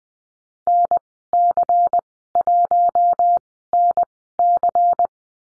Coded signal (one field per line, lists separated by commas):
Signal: Morse code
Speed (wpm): 20 wpm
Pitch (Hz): 700 Hz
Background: none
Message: NC1NC